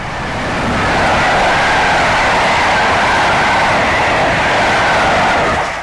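A train rushes steadily along the tracks with a loud, continuous rumbling roar and broad hiss, fading in at the start and easing off at the end, no voices present.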